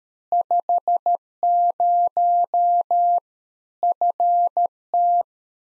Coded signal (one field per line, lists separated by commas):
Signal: Morse code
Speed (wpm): 13 wpm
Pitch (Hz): 700 Hz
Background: none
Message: 50 FT